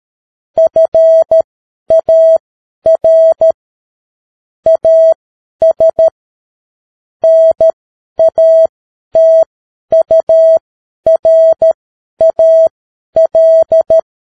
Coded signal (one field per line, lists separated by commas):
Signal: Morse code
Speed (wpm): 13 wpm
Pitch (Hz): 650 Hz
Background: none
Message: FAR AS NATURAL